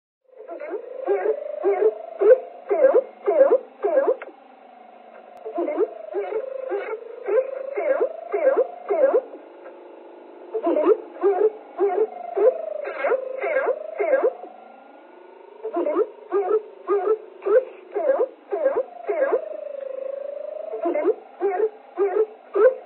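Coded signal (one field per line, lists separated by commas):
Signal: numbers station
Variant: G11, German voice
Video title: Zahlensender / Number Station G11 - Strich - 23.05.1980 - 744 / 000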